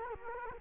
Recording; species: mosquito wingbeat signal from an infrared sensor; Culex quinquefasciatus